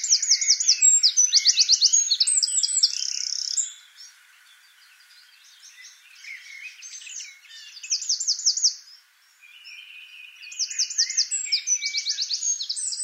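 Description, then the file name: Eurasian wren song bursts out three times. Each is a piercing, rapid series of trills and twittering notes, with quieter bird chatter in the gaps. "Troglodytes troglodytes"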